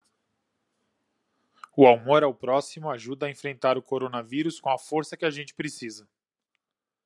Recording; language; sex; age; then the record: spoken sentence; Brazilian Portuguese; male; 30 to 39 years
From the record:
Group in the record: control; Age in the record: 39 years